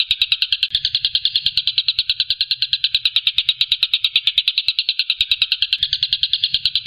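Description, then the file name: Stork-billed kingfisher delivering a long, harsh staccato rattle, quick pulses repeated without a break. Call style named tembakan, meaning shooting call. "suara tembakan tengkek buto"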